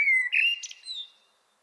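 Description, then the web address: Common blackbird song fragment: a clear whistled note slurring slightly, then a brief high squeaky flourish fading away. "pub SETE data Turdus merula"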